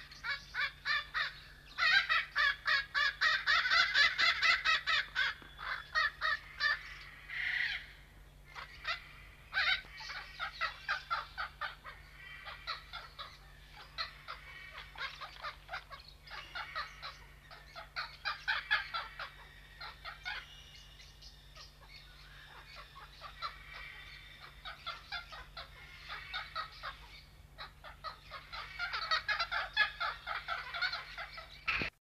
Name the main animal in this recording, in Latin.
Rhynchopsitta pachyrhyncha